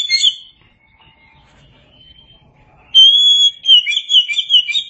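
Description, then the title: Oriental magpie-robin singing a brief high phrase, then after a lull a steady whistle followed by quick, varied, twittering notes. Chirping song. "Suara Kicauan Burung Kacer"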